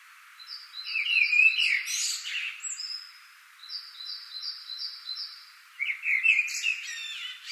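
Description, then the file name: Common blackbird song: two fluty, warbling phrases ending in scratchy high squeaks, with a series of repeated high notes between them. "Turdus merula"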